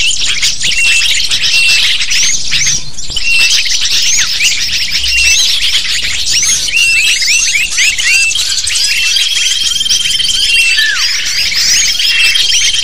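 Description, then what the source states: Lovebird flock calls, nonstop overlapping sharp chirps and rising squeaks, busy and shrill throughout, with a faint steady tone late on. Lure call used to attract lovebirds (pikat burung).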